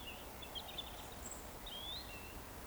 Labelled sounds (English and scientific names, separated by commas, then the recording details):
Eurasian Woodcock (Scolopax rusticola) whistle
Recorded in Baden-Württemberg, Germany, on 15 June 2020 at 19:48 UTC
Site 14569, 102 m above sea level